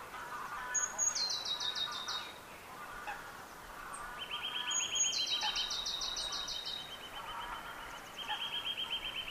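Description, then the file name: Eurasian blue tit giving two high notes that break into quick descending trills, the second overlapped by a steady lower trill, against a noisy background. "Cyanistes caeruleus"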